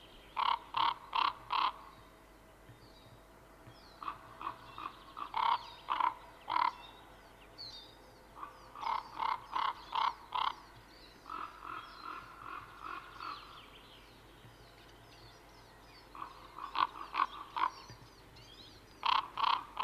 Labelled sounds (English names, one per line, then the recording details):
Common Raven call
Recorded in the wild
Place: Ehrwald, Wettersteingebirge, Tirol, AT
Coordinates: 47.4167, 10.9428
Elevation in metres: 984
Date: 1972-04-04
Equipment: Nagra IV, Sennheiser MKH 405, Parabolreflektor
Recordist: Tretzel, Erwin